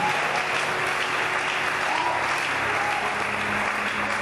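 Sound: audience applause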